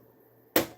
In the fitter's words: Nice solid click.